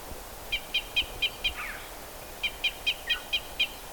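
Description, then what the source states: Red crossbill calls: short, clipped notes in two quick series of five and six, each note evenly spaced, with a faint downslurred call between them. Red crossbill of call type E.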